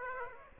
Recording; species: mosquito wingbeat signal from an infrared sensor; Aedes aegypti